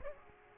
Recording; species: mosquito wingbeat signal from an infrared sensor; Aedes aegypti